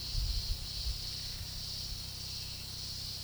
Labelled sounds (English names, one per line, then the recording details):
none
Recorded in pastures near Puerto Asís, Putumayo, Colombia, on 19 February 2024 at 10:00
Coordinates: 0.486, -76.323
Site G6462